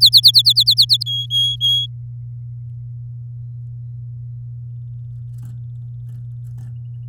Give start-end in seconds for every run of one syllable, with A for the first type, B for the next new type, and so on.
0.01-0.97 A, 1.06-1.86 B